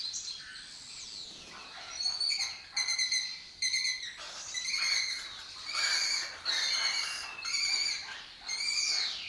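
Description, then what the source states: Lesser kestrel chatter: loud, harsh, rasping calls in repeated bursts about once a second. Colony of lesser kestrels that took over an abandoned building complex in Doñana; migratory raptor that forages in West Africa and breeds in southern Europe.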